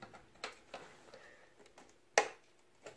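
A SATA cable is pushed into an optical drive, with a few soft taps and ticks of handling before it. A sharp, loud click at 2.2 s marks the connector seating fully. A faint tap follows near the end.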